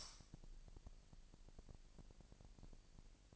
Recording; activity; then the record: daily activity, microphone in the room; light on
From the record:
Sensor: 5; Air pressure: 1002.0 hPa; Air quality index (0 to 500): 230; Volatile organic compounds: 32 ppm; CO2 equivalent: 3002 ppm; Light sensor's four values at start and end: 16/36/15/16 and 16/38/16/17